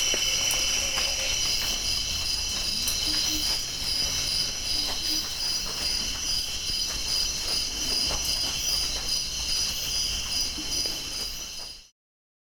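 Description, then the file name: Crickets trilling in a steady, continuous high-pitched chorus, layered at several pitches, with scattered soft taps of raindrops throughout before the sound cuts off. Crickets recorded with raindrops falling. "Crickets and raindrops"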